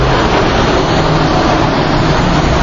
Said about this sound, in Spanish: Motos, coches, camiones, hay de todo, señoras y señores.